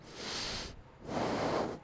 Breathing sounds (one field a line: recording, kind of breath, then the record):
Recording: one breath in and out by a microphone near the nose and mouth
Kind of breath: deep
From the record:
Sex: male